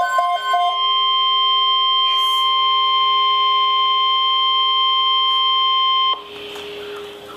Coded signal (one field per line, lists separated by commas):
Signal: Emergency Alert System (SAME) tones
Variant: 1050 Hz attention tone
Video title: Severe T'Storm Watch #491 (EAS #461)